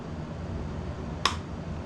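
A latch part of an SKS rifle is pushed in during reassembly over a steady background hiss. At 1.3 s it snaps home with a single sharp metallic pop, and the latch is seated.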